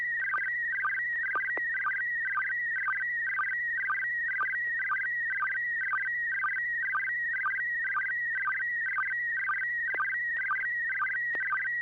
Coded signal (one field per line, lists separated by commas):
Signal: SSTV (slow-scan television)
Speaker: over to you Bill see what you copied and what you make of that picture